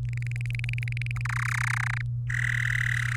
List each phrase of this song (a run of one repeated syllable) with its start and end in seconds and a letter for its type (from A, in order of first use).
0.05-1.22 A, 1.25-2.01 B, 2.30-3.16 C